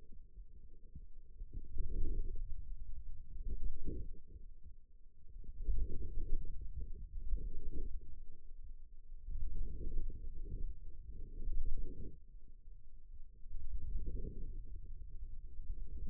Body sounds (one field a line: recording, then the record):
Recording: forearm muscle sounds (acoustic myography)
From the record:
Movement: radial deviation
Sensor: system 2, bracelet of six BSWA MPA416 microphones around the upper forearm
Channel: 3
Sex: male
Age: 22 years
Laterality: right